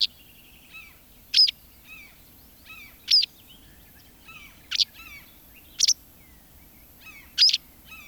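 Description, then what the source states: White Wagtail calls: a series of sharp, bright chirps at irregular intervals of one to two seconds, mixed with quieter twittering notes. Field recording from Finland by Ilkka Heiskanen, released on cassette in 1987.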